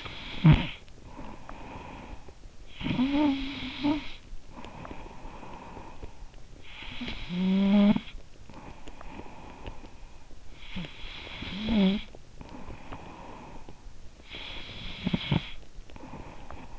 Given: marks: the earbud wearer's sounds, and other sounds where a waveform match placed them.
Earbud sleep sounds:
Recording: sounds in sleep by an in-ear microphone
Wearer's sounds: snoring breath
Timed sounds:
0.00-16.79 s: snoring breath

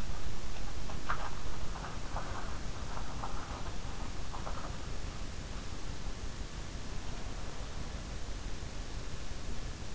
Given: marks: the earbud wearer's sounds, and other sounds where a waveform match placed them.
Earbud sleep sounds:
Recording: sounds in sleep by an in-ear microphone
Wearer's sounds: swallowing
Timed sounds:
0.00-5.49 s: swallowing

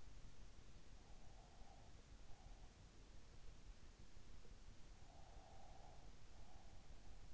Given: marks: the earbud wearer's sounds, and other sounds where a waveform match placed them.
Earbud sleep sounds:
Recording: sounds in sleep by an in-ear microphone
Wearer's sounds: breath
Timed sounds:
0.97-2.99 s: breath
4.76-7.34 s: breath

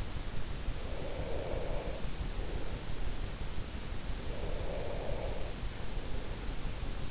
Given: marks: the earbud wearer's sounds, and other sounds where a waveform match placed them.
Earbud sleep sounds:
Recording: sounds in sleep by an in-ear microphone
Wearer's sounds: breath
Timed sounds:
0.87-3.58 s: breath
4.29-7.07 s: breath

